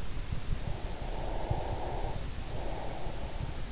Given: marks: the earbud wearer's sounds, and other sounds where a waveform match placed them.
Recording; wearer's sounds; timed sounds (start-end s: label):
sounds in sleep by an in-ear microphone; breath
0.67-3.45 s: breath